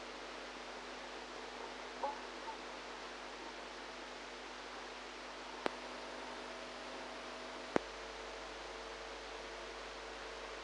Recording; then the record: brain microelectrode recording played as sound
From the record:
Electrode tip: outside the subthalamic nucleus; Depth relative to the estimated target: 1 mm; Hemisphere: right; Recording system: NeuroSet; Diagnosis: Parkinson's disease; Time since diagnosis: 8 years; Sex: female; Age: 45 years